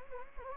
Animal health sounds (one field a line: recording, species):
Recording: mosquito wingbeat signal from an infrared sensor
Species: Anopheles gambiae